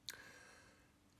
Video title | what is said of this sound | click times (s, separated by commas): Leatherman Signal,before buying watch this 4 year review, the good, bad, and innovative | it locks into place, as well as the can opener and the screwdriver. | 0.1 s